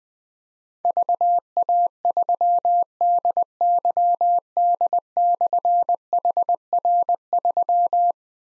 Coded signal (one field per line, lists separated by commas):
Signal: Morse code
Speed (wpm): 20 wpm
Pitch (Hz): 700 Hz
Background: none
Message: VA3DYD/HR3